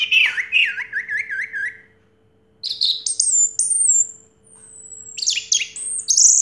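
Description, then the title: Orange-headed thrush song: a wavering warbled phrase, a pause, then very high sliding whistles and sharp slurred notes in quick succession. Recording played to coax a silent orange-headed thrush into singing. "Anis Merah Macet.. Pancing Dengan Suara Ini.. 100 Ampuh. # Anis Merah"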